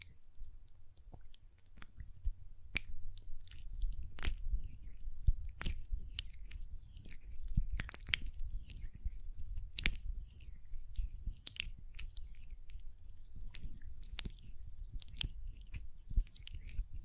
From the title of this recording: Hand Sounds, Nail Tapping and Lotion Sounds